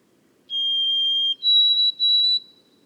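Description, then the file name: White-throated sparrow song of clear whistles, a long lower note followed by two higher sustained notes. Boreal forest of Haute-Côte-Nord, recorded 29 May 2018. "bruant a gorge blanche foret boreale de la haute cote nord"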